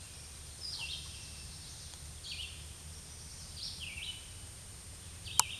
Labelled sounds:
Red-eyed Vireo song
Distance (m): 15 m
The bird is about 10 m above the microphone
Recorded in a Pennsylvania forest on 16 May 2024 at 07:45
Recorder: AudioMoth, point MSD-2083
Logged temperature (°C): 16.7 °C
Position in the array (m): 149 m, 30 m

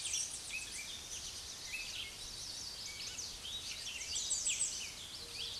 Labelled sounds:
American Redstart song
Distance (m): 35 m
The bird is about 15 m above the microphone
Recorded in a Pennsylvania forest on 16 May 2024 at 06:11
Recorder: AudioMoth, point MSD-2345
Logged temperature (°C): 15.5 °C
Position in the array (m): 106 m, 232 m

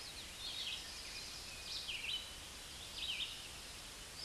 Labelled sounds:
Red-eyed Vireo song
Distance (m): 30 m
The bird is about 25 m above the microphone
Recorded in a Pennsylvania forest on 16 May 2024 at 08:31
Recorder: AudioMoth, point MSD-2201
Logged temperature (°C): 15.5 °C
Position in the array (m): 166 m, 72 m

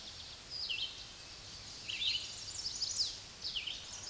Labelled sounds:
Red-eyed Vireo song
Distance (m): 30 m
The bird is about 15 m above the microphone
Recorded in a Pennsylvania forest on 16 May 2024 at 06:43
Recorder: AudioMoth, point MSD-2208
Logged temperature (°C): 15.2 °C
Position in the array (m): 164 m, 72 m

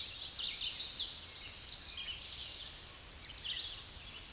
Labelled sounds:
Tennessee Warbler song
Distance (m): 50 m
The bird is about 5 m above the microphone
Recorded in a Pennsylvania forest on 16 May 2024 at 09:21
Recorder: AudioMoth, point MSD-2273
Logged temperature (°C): 16.0 °C
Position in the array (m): 11 m, 194 m

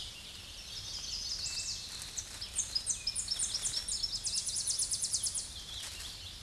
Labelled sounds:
Tennessee Warbler song
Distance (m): 25 m
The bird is about 10 m above the microphone
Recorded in a Pennsylvania forest on 16 May 2024 at 07:48
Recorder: AudioMoth, point MSD-2429
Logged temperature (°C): 16.7 °C
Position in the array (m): 82 m, 75 m

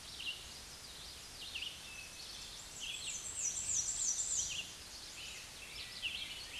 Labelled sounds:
Red-eyed Vireo song
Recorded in a Pennsylvania forest on 16 May 2024 at 09:07
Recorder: AudioMoth, point MSD-2376
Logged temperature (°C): 16.7 °C
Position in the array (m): 150 m, 27 m

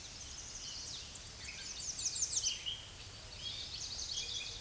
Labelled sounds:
American Redstart song
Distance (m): 30 m
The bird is about 15 m above the microphone
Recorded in a Pennsylvania forest on 16 May 2024 at 07:42
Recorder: AudioMoth, point MSD-2345
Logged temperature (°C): 15.5 °C
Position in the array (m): 153 m, 202 m

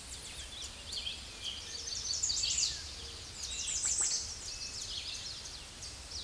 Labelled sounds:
American Redstart song
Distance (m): 15 m
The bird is about 10 m above the microphone
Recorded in a Pennsylvania forest on 16 May 2024 at 06:54
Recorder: AudioMoth, point MSD-0827
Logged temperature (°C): 12.1 °C
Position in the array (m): 122 m, 209 m

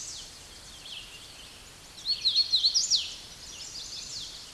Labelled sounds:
Hooded Warbler song
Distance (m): 15 m
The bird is about 10 m above the microphone
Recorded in a Pennsylvania forest on 16 May 2024 at 08:16
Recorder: AudioMoth, point MSD-2181
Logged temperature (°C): 12.8 °C
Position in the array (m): 157 m, 122 m

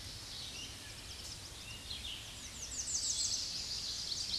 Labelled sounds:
American Redstart song
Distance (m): 50 m
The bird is about 20 m above the microphone
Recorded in a Pennsylvania forest on 16 May 2024 at 06:52
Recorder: AudioMoth, point MSD-1419
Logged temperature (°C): 16.9 °C
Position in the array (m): 115 m, 209 m

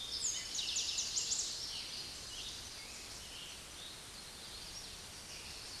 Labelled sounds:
Eastern Towhee song
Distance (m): 40 m
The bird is about 5 m above the microphone
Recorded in a Pennsylvania forest on 16 May 2024 at 06:11
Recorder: AudioMoth, point MSD-0475
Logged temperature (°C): 12.3 °C
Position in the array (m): 110 m, 6 m

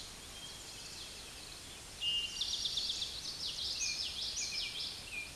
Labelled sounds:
Common Yellowthroat song
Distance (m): 35 m
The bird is about 15 m above the microphone
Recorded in a Pennsylvania forest on 16 May 2024 at 06:39
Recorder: AudioMoth, point MSD-2453
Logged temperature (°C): 16.3 °C
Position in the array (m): 238 m, 173 m

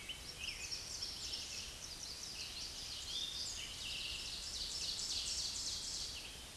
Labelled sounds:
Ovenbird song
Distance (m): 40 m
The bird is about 5 m below the microphone
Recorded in a Pennsylvania forest on 16 May 2024 at 07:22
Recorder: AudioMoth, point MSD-2166
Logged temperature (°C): 16.3 °C
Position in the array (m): 149 m, -6 m

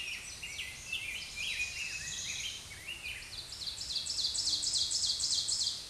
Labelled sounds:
Ovenbird song
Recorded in a Pennsylvania forest on 16 May 2024 at 06:59
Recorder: AudioMoth, point MSD-0627
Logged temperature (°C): 14.8 °C
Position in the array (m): 82 m, -3 m

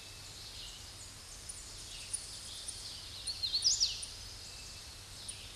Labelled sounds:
Hooded Warbler song
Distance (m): 25 m
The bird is about 15 m above the microphone
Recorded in a Pennsylvania forest on 16 May 2024 at 07:48
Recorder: AudioMoth, point MSD-2208
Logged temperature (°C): 15.2 °C
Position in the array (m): 154 m, 107 m

